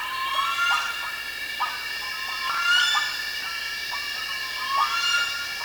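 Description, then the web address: Bird calls, tonal notes repeated at intervals over a steady high hum. "BIRD 2015 SABIOD bird 2015"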